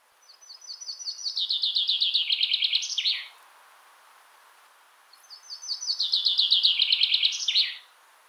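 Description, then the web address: Common chaffinch song: two bright songs, each a descending series of notes ending in a quick flourish, separated by about two seconds of quiet. "ptaki zieba"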